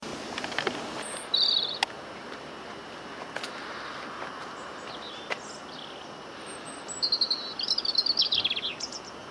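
Bird calls: a short burst of high notes early on and a longer jumbled chatter near the end, over steady background noise and scattered clicks.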